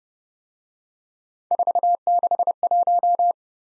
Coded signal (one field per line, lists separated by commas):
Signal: Morse code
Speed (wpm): 28 wpm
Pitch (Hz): 700 Hz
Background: none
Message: 461